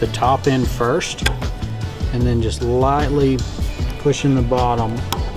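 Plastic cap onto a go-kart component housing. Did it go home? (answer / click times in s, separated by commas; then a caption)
no / none. A fragile plastic cap is fitted onto a go-kart component housing, hooked at the top end first and then lightly pushed at the bottom, while someone talks over music. Nothing has seated or clicked yet; the clip ends before the cap snaps into place.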